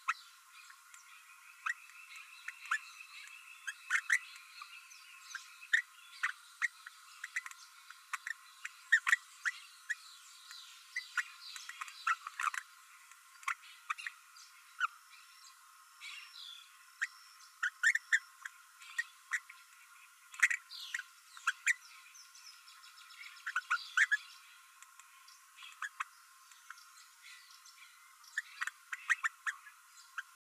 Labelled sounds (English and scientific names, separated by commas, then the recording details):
Green-rumped Parrotlet (Forpus passerinus) babbling
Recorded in a nest box in Venezuela
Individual 18B12A3